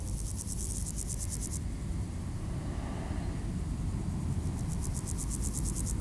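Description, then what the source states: Grasshopper buzz, a pulsed high rasp, at the start and end, over constant traffic rumble. Recorded beside the D633 road at Aveize, France, with cars passing; Sony PCM-M10 recorder, AB microphone position.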